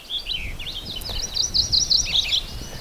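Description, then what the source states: Purple Finch song, a rapid jumbled warble of high slurred notes running without a break, over a low background rumble. Excited birds nesting in these wild, wet woods, singing almost continuously, some songs given in flight with wings tipped up while coasting around.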